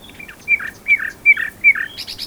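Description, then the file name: Common nightingale song fragment: a few sharp notes repeated about every third of a second, each with a harsh lower buzz, ending in high ticks. "Luscinia megarhynchos"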